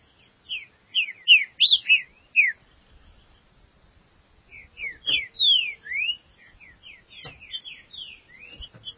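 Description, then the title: Green-winged saltator giving a quick loud string of slurred whistles, a short pause, then another phrase of sweeping rising and falling notes. "Trinca Ferro"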